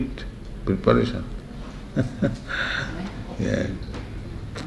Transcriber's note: chuckles